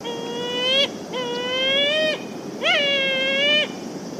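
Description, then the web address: Black-tailed gull giving three long, cat-like mewing calls, each about a second, with rich harmonics and a soft hiss behind. "izumino saunndo umineko"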